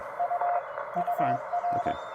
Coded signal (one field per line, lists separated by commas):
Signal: Morse code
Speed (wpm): 20 wpm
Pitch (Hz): 690 Hz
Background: speech, radio noise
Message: U UR